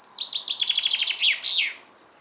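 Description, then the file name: Common chaffinch song: a descending series of rapid notes ending in a flourish. "Fringilla coelebs"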